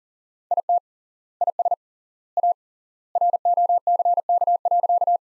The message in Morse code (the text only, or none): IT IS A ROCK.